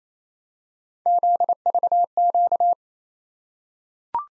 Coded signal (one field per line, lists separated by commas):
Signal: Morse code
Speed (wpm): 28 wpm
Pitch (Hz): 700 Hz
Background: none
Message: ZVQ